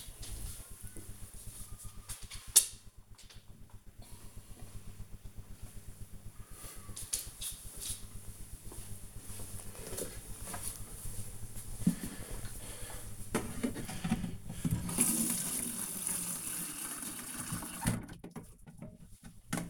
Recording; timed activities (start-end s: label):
household activities, microphone on the right wrist
6.19-19.70 s: watering plant